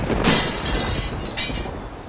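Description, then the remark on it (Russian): A sharp crack bursts out, followed by a few more harsh, crackling shattering bursts as a stone in the base of a machine splits apart and breaks, over a steady noisy hiss with no voices. “Лаборант прикрыл глаза от нестерпимо яркого света и услышал, как лопнул и погас камень в основании машины.”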